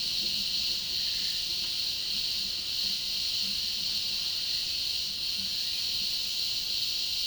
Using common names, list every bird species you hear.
none